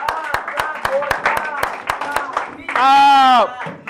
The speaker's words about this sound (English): So, who said that? Let's clap for him.